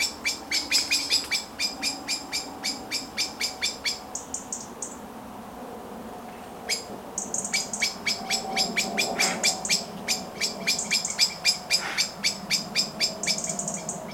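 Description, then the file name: Common blackbird calls: a fast run of sharp clicks with high buzzy snatches, a short pause, then the rapid ticking resumes. "Turdus merula"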